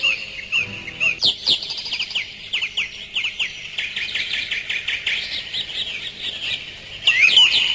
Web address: radio zoniën begin vogeltjes en jachthoorns. radiodoender jingles-radio-zoniën-1982-83